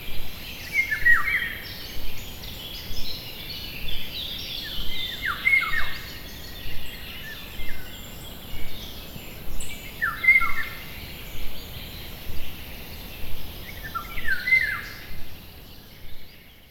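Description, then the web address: Bird song, clear whistled phrases that slide downward, repeated every few seconds, with other faint chirps above and a steady low rumble beneath. Forest setting. "GDC 2017-Game Audio Bundle West Wolf - Nature Sounds. Forest birds"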